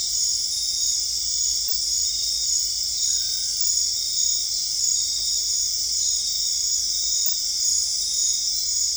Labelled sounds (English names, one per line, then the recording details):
none
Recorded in dense forest near Puerto Asís, Putumayo, Colombia, on 20 December 2024 at 21:00
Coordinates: 0.485, -76.318
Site GP03